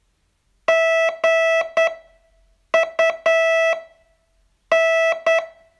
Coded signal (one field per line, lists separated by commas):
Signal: Morse code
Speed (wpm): 8 wpm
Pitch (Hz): 660 Hz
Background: none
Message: GUN